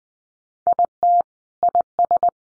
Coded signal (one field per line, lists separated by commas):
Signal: Morse code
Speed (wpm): 20 wpm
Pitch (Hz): 700 Hz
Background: none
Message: IT IS